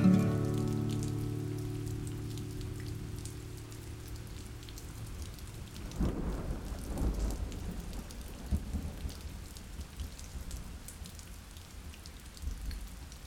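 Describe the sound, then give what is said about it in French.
Steady rain hisses throughout while a sustained musical tone fades out at the start. Midway, a deep rolling rumble of thunder swells, with a softer rumble returning near the end. “La pluie atteindra bientôt le fond de l'anfractuosité sèche.”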